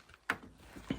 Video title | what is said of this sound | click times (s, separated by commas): 2005-2009 Ford Mustang Parking Brake Cable Replacement | Shove it in until it clicks. Now, you know that's up there. | 0.3 s